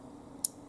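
The turret inside a metal Kwikset entry door knob lock is turned with a screwdriver until it locks into position with a single sharp click at 0.4 s. A fainter tick follows at the end of the clip. The turret is seated and locked.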